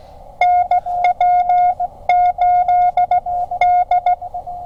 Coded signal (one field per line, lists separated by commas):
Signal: Morse code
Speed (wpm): 18 wpm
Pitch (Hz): 720 Hz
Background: none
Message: NW8D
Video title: "What Are You Doing?": A Ham Radio CW POTA Primer